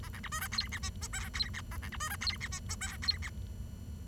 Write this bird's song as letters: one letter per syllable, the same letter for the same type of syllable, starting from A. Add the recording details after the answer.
A B C D E F G H I J F G A B C D E F G H I J F G. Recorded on 23 June 2012 at 09:12. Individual gr41rd51